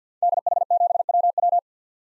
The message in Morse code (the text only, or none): DH7WW